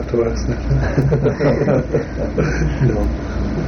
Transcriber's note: laughter